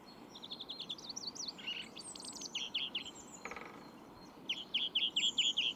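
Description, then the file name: European greenfinch twittering calls, quick chirping notes and a run of short repeated tweets near the end, over a steady low background hiss. "Chloris chloris"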